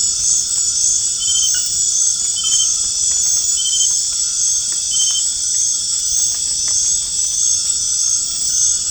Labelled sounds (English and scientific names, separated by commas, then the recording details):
none
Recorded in dense forest near Puerto Asís, Putumayo, Colombia, on 27 June 2025 at 19:00
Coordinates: 0.481, -76.323
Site G072